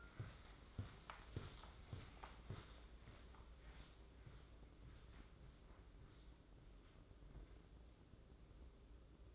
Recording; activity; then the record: daily activity, microphone in the room; walk to room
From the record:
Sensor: 3